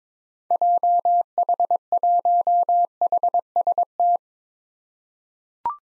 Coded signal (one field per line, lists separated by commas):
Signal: Morse code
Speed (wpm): 22 wpm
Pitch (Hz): 700 Hz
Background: none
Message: JH1HST